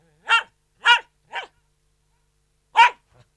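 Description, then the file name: Poodle bark series, three sharp yaps in quick succession, a pause, then a single final bark. Poodle barking indoors. "Digiffects Sound Effects Library - Poodle Dog Barking Indoors"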